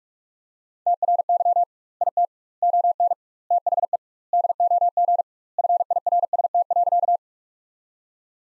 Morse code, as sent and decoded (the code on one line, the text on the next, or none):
- .-. -.-- / .. - / --- -. / - .... . / -.. --- --. / ..-. .. .-. ... - .-.-.-
TRY IT ON THE DOG FIRST.